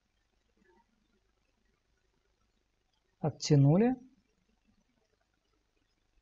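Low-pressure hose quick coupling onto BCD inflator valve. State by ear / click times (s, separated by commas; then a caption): not seated / none. The quick-disconnect sleeve on a low-pressure hose coupling is held pulled back with the fingers while the hose is lined up on a BCD inflator valve, before being pushed home. The clip is mostly quiet, with someone talking briefly around 3.2–4.1 s. Nothing has seated or clicked yet.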